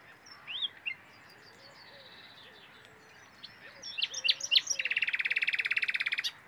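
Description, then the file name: Common nightingale song with varied short whistles and chirps, building into a rapid, loud, even trill of repeated notes. "Luscinia megarhynchos"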